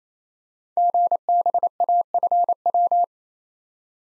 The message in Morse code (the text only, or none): GBAFW